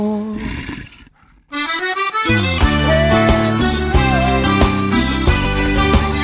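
A short, rough wolf growl rumbles for about a second, then a brief silence gives way to loud, steady music with strong sustained tones and a driving beat.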